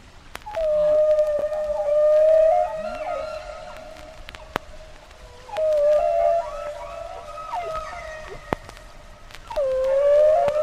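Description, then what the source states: Humpback whale song: long sustained wailing moans with rising and falling slides and overtones, in three phrases separated by quieter gaps, with a few sharp clicks. Played recording; haunting growls, high wails, odd but rhythmic scratching noises and moans.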